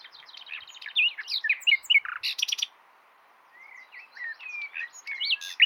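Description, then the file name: Common nightingale song, a fast varied stream of chirps, whistles and clicking notes, a short pause, then slurred whistled notes and sharp chips. "Luscinia megarhynchos"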